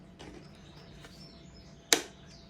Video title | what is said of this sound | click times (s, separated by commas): New coffee grinder 1 | there's a little magnet you hear that click in the back | 1.9 s